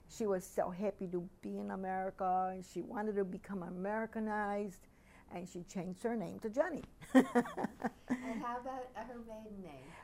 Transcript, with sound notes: She was so happy to be in America, and she wanted to become Americanized, and she changed her name to Jenny. [Laughs]
And how about her maiden name?